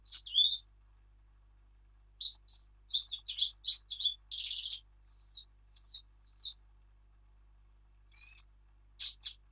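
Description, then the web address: Eurasian blackcap song: a quick jumble of bright chirps and scratchy notes followed by clear, fluting whistled phrases, in several bursts with short pauses, over a quiet background. "birdsong Sylvia atricapilla"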